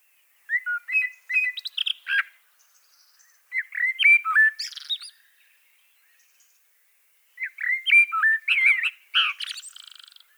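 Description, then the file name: Common blackbird singing three rich, whistled phrases separated by short pauses. Each phrase mixes mellow notes with scratchy, high-pitched twittering flourishes. "Turdus merula"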